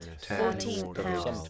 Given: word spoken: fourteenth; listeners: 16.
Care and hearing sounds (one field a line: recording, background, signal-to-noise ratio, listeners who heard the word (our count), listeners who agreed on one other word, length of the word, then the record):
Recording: one English word in noise, from a listening test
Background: four-talker babble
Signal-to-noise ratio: -2.8 dB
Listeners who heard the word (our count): 6 of 16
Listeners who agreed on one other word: 9 of 16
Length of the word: 1.10 s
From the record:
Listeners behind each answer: 9, 6, 1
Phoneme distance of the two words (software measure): 7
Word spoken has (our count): 2 syllables, 6 phonemes, stress on syllable 1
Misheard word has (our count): 2 syllables, 5 phonemes, stress on syllable 2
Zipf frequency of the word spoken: 1.54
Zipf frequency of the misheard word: 2.86